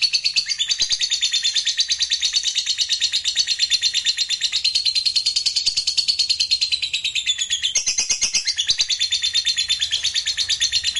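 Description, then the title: Lovebird song: continuous fast, buzzy chattering trill at steady loudness throughout, with slight wavering in pitch. "Suara Lovebird"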